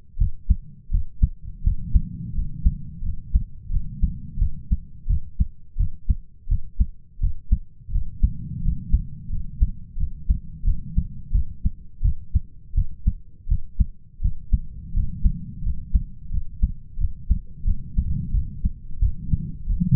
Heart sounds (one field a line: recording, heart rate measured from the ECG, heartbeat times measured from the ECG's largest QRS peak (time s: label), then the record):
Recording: heart sounds by stethoscope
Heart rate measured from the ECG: 86 bpm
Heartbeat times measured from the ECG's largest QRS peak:
0.18 s: heartbeat
0.90 s: heartbeat
1.63 s: heartbeat
2.34 s: heartbeat
3.02 s: heartbeat
3.70 s: heartbeat
4.38 s: heartbeat
5.07 s: heartbeat
5.77 s: heartbeat
6.48 s: heartbeat
7.20 s: heartbeat
7.91 s: heartbeat
8.62 s: heartbeat
9.30 s: heartbeat
9.97 s: heartbeat
10.64 s: heartbeat
11.32 s: heartbeat
12.02 s: heartbeat
12.74 s: heartbeat
13.48 s: heartbeat
14.21 s: heartbeat
14.93 s: heartbeat
15.63 s: heartbeat
16.31 s: heartbeat
16.98 s: heartbeat
17.64 s: heartbeat
18.31 s: heartbeat
18.99 s: heartbeat
19.66 s: heartbeat
From the record:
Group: healthy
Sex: male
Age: 33 years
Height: 179 cm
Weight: 80.4 kg